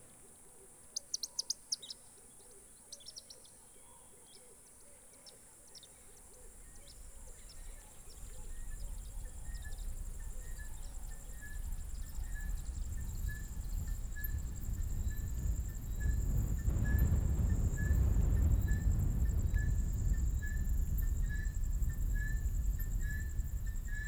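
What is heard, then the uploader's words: An outdoor soundscape in a South African reserve, with a steady high insect whine running throughout and a soft, evenly repeated call ticking along at a middle pitch. A few sharp chirps land early on, and a low rumble builds from about eight seconds, growing heavy toward the end. Mmabolela Reserve, Limpopo, South Africa. With the exception of one particularly rainy day at the homestead, everything was recorded far from human interference.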